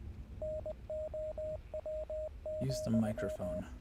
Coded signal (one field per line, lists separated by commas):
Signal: Morse code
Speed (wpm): 20 wpm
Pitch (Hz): 620 Hz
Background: speech, radio noise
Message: NOW,